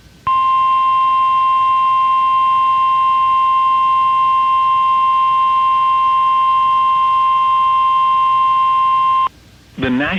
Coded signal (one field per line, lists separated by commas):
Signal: Emergency Alert System (SAME) tones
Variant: 1050 Hz attention tone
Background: speech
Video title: EAS 448 - Another FFW While I Was Sleeping